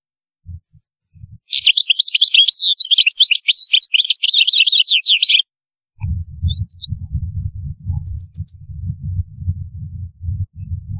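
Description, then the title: European goldfinch song: a rapid, jingling twitter of high notes lasting several seconds, then a steady low rumble with a few scattered soft chirps. "Chant Chardonneret"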